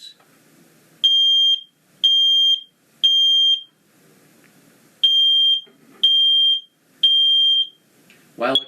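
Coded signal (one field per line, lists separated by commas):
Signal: alarm pattern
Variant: smoke alarm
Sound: shrill high beeps in two sets of three, short pause between sets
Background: faint background voice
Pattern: temporal three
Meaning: Smoke alarm activated; evacuate and call 911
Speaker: a smoke alarm has three beeps while the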